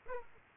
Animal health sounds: mosquito wingbeat signal from an infrared sensor; Aedes aegypti

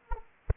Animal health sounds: mosquito wingbeat signal from an infrared sensor; Anopheles arabiensis

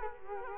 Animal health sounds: mosquito wingbeat signal from an infrared sensor; Culex quinquefasciatus

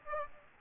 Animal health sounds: mosquito wingbeat signal from an infrared sensor; Aedes aegypti

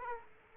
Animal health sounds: mosquito wingbeat signal from an infrared sensor; Aedes aegypti

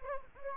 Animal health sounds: mosquito wingbeat signal from an infrared sensor; Anopheles gambiae

